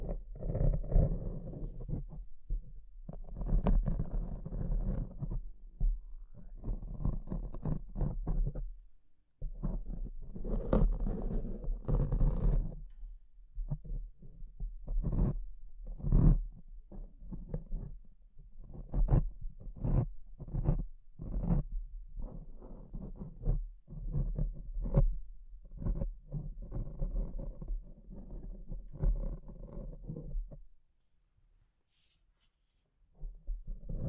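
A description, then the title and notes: Scratching and rubbing against a microphone, a dense run of rough, low scraping bursts and sharp knocks that come every second or so. A constant low hum sits underneath, and the sound cuts out briefly around nine and thirty-one seconds. ASMR Brain Melting Mic Scratching (No Talking).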